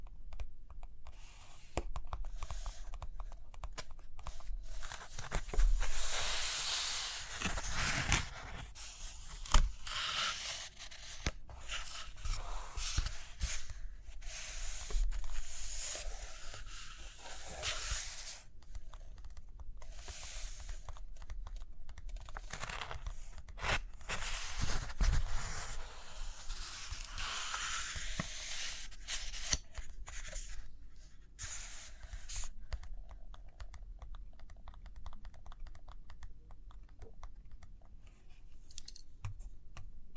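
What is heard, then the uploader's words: Paper rustles and scratches of writing and drawing run throughout, with bursts of page turning around six, fifteen and twenty-five seconds amid small taps. ASMR Study With Me Page Turning and Tapping, Writing, Drawing (No Talking).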